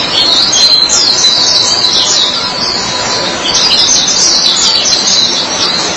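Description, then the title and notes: White-eye song: high, rapid twittering and chirping phrases running almost without pause, sweeping up and down over a steady background hiss. "Suara kicauan burung pleci"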